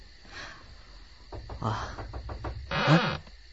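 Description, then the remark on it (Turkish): A door creaks open: a run of dry, rattling clicks gives way to a louder, groaning creak whose pitch wavers and bends before fading out. No one speaks. “Kapı açıkmış. Evet. İşte kapı açıldı.”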